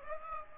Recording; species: mosquito wingbeat signal from an infrared sensor; Aedes aegypti